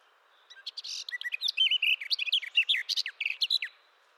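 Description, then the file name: Garden warbler song: a fast, rich, continuous warble of varied chattering and whistled notes lasting about three seconds. "Fauvette des jardins"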